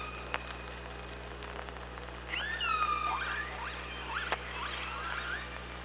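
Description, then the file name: Killer whale calls: a burst of loud, rising and falling whistled tones with strong harmonics, several overlapping, over a steady low hum and scattered clicks. Recorded with an OrcaLab hydrophone on 24 August 2017 at 05:31:26. "Orca Lab 20170824"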